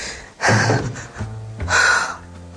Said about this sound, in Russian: Мне кажется, она дышит.